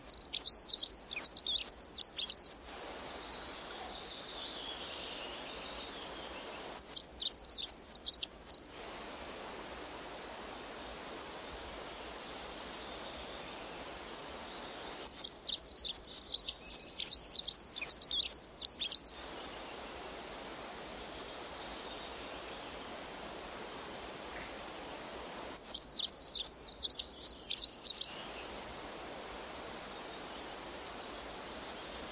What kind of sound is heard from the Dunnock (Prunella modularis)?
song